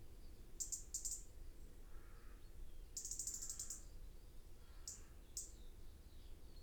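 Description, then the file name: European robin calls: short, very high ticking bursts in quick clusters, repeated a few times, with faint lower notes between and a steady low background rumble. "Erithacus rubecula"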